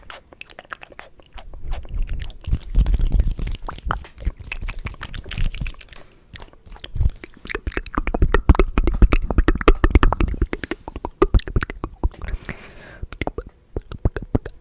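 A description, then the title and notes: Fast, aggressive wet and dry mouth sounds with hand sounds: dense bursts of smacking, clicking and crunch-like snaps that fire off in rapid irregular clusters. The busiest stretches come around 2–5 seconds and 8–10 seconds, with brief quieter gaps near 1, 6 and 11 seconds. ASMR Fast & Aggressive Wet and Dry Mouth Sounds & Hand Sounds (NO TALKING) Hand Movements.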